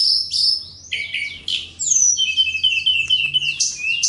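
Bird song, a continuous stream of high sweeping whistles and chirps, with a long level whistled note near the end.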